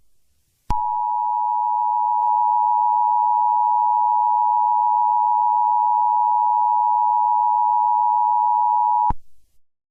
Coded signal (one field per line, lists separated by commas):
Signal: Emergency Alert System (SAME) tones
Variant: 853 and 960 Hz attention tone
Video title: EAS Scenario: World War 3